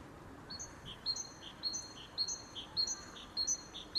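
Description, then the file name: Great tit song: a high, thin note paired with a lower note, the pair repeated about every half second in an even rhythm. "Parus major"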